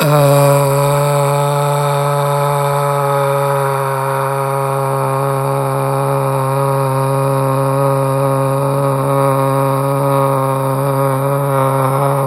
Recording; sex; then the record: sustained vowel /a/; male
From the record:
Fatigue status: no fatigue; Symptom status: asymptomatic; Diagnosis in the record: COVID-19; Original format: m4a